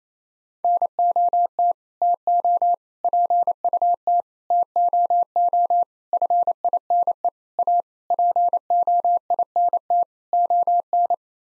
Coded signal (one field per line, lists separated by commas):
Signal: Morse code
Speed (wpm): 28 wpm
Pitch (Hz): 700 Hz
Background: none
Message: NOT TO PUT TOO FINE A POINT ON